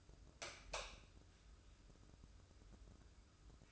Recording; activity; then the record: daily activity, microphone in the room; light on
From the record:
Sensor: 2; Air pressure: 995.2 hPa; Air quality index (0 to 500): 72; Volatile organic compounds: 2 ppm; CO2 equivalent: 1250 ppm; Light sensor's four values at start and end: 7/18/7/7 and 12/36/14/14